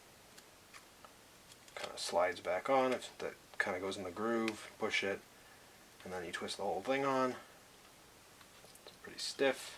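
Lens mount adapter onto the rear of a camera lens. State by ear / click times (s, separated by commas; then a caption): not seated / none. A lens mount adapter is slid onto the back of a Tamron SP 17mm f/3.5 lens and lined up in its groove, ready to be pushed and twisted on. Someone talks throughout, with only light handling ticks in between. Nothing has seated or clicked yet.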